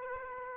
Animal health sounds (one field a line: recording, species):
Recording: mosquito wingbeat signal from an infrared sensor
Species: Aedes aegypti